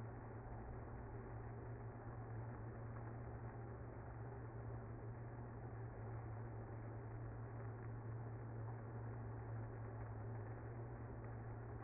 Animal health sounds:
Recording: honeybee colony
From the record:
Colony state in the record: active

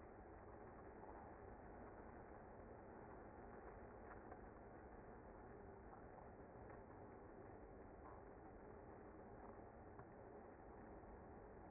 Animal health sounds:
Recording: honeybee colony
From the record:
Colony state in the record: active

